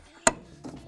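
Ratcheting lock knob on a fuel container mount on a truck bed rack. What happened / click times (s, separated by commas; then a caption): The ratcheting knob clicked tight / 0.3 s. A ratcheting lock knob on a fuel-container mount on a Leitner Designs Active Cargo System truck bed rack is turned to secure it, giving one sharp, loud click at 0.3 s, followed by a softer, duller sound around 0.65 s. The knob clicks tight and the mount is secured.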